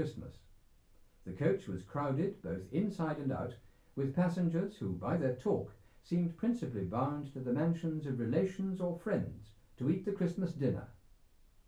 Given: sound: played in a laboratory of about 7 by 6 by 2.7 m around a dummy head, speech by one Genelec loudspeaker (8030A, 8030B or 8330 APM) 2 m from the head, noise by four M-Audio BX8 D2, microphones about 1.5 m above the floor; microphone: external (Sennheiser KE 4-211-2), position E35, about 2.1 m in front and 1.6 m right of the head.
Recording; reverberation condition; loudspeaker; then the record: male speech in English; low; 60 degrees to the right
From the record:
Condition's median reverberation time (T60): about 310 ms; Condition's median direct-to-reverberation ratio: about 3.5 dB